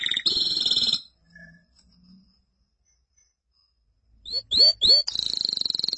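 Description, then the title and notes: Canary song: a high rapid trill stops, faint soft notes in a quiet gap, then three sweeping whistles lead into another fast high trill. "BM Suara Kenari. BM Suara Burung Kenari"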